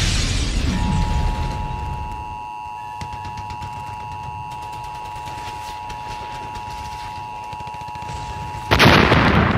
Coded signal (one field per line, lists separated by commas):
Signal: Emergency Alert System (SAME) tones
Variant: 853 and 960 Hz attention tone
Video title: EAS Scenario: Battle Of Boston